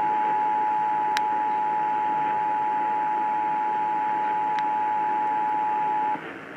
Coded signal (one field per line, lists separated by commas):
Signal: Emergency Alert System (SAME) tones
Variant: 853 and 960 Hz attention tone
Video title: UNUSUAL EAS EVENT! (June 26-27, 2017 EAS Compilation (EAS 159-160 - 2 RMTs))